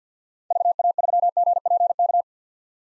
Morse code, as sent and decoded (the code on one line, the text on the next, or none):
...- .- ...-- --. .--. -.-
VA3GPK